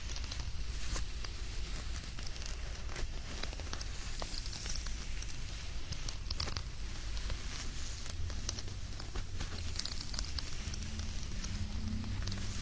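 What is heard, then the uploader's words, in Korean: Dry bedding rustles and swishes steadily, with dense papery crackles and brief sharper scratches throughout, over a low, constant rumble. 스르륵 이불 소리. 잘 말린 이불 속에서 사각사각.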